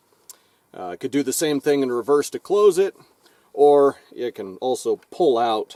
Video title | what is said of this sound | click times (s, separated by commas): Folding-Stock Muzzleloader Version 2 (TIS203) | open it until it snaps into place | 0.3 s